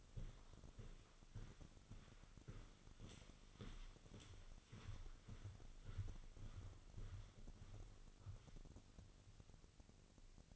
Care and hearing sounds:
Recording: daily activity, microphone in the room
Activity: walk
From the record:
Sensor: 4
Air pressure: 1010.1 hPa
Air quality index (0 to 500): 173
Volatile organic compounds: 2 ppm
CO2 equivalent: 1255 ppm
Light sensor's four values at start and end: 51/127/53/58 and 51/126/53/58

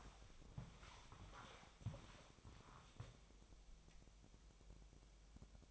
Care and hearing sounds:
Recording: daily activity, microphone in the room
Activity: walk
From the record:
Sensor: 1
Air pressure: 1000.6 hPa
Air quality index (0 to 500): 168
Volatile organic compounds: 4 ppm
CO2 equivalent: 1562 ppm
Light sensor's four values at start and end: 13/33/13/16 and 13/32/13/15

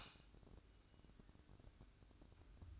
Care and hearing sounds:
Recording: daily activity, microphone in the room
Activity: light on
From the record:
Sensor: 2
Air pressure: 1007.7 hPa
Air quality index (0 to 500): 63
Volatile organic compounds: 1 ppm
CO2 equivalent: 603 ppm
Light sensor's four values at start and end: 9/22/9/9 and 14/37/15/15

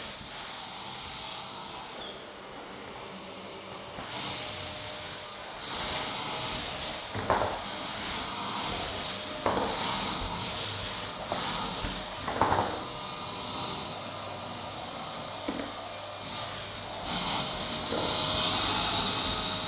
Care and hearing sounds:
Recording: daily activity, microphone in the room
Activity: vacuum cleaning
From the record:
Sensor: 3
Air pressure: 1010.2 hPa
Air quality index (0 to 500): 171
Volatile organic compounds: 10 ppm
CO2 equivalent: 2232 ppm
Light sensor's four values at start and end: 48/120/52/58 and 45/110/49/54

